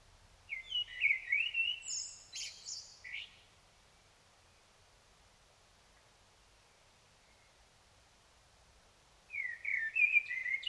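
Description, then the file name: Common blackbird singing a low, fluty warble that breaks into a thin, scratchy twitter. After several seconds of quiet, a second mellow phrase begins. "Turdus merula"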